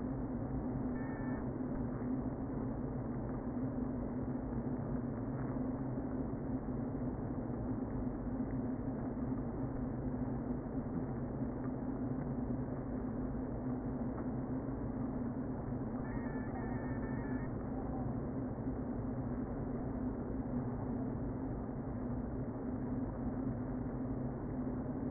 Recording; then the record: honeybee colony, microphone inside the hive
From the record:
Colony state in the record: queen present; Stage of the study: before two queens were removed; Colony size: about 60,000 bees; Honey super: yes